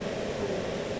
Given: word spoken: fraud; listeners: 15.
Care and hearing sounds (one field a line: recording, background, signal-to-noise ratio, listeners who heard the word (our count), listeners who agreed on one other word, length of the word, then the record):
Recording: one English word in noise, from a listening test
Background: speech-shaped noise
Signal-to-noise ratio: -5.9 dB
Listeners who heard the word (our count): 1 of 15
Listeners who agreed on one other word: 6 of 15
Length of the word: 0.60 s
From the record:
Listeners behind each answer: 6, 2, 1, 1, 1, 1, 1, 1, 1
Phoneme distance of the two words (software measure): 10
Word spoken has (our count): 1 syllable, 4 phonemes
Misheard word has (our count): 1 syllable, 4 phonemes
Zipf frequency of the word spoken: 4.25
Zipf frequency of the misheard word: 4.22